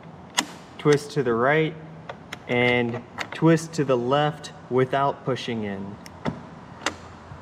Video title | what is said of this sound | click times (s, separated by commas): Watch this before buying a Moped in Hawaii | you'll hear distinctive click now the seat will pick up from the back | 6.9 s